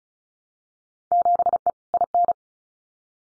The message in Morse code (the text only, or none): 7E IN